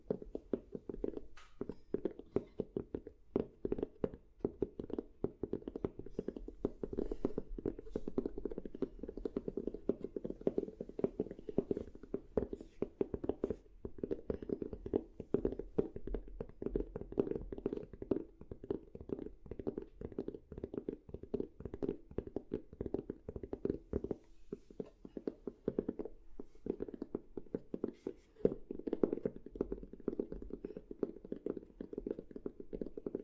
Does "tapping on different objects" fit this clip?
yes